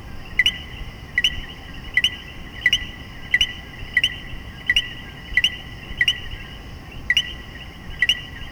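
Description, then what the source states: Common coquí calling rapidly, low then high two-note co-QUI repeated about every three-quarters of a second, with a steady faint hiss behind. Puerto Rico.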